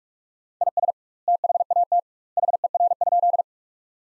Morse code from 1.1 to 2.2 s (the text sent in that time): THAT